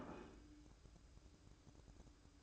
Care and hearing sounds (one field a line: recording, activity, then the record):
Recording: daily activity, microphone in the room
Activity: place plate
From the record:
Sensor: 2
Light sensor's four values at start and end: 7/17/7/8 and 7/17/7/8